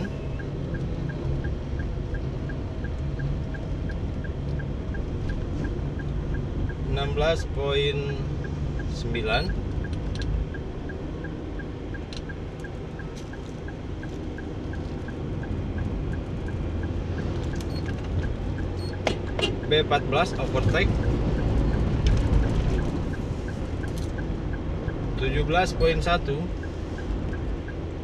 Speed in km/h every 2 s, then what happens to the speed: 31, 32, 33, 35, 37, 39, 41, 43, 46, 49, 50, 51, 52, 53.
0-28 speeds up to 53.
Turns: none.